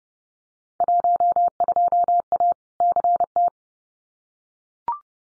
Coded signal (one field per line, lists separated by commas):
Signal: Morse code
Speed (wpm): 30 wpm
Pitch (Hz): 700 Hz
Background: none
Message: 12A CT